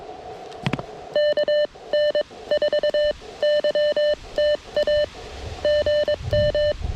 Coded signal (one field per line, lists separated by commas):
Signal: Morse code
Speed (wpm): 22 wpm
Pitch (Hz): 600 Hz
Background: none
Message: KN4YTA GM